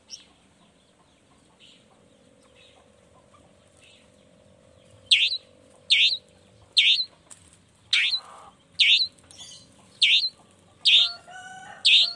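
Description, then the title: Long-tailed shrike song: a steady low hum first, then loud sharp high notes repeated roughly once a second, with a scratchy burst. Morning singing of a vigorous long-tailed shrike with 'toet toet' sound variations, intended to stimulate lazy shrikes into singing along. "Cendet Gacor Dor Di Kala Pagi Toet Toet Variasi Suara. Cendet Gacor Di Pagi Hari Rangsangan Emosi Cendet Malas Bunyi Supaya Secepatnya Ikutan Bunyi"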